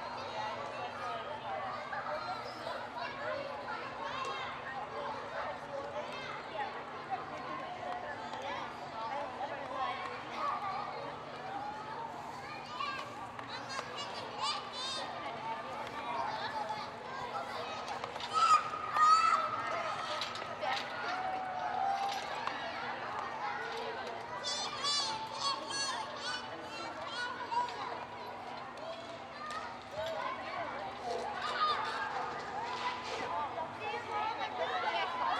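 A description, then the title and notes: Children play on a playground, their overlapping voices and shouts forming a steady, busy murmur, with a faint constant low hum underneath. Children on the Playground Background Noise. Tonight's sleep sound is the background noise of children playing on the playground.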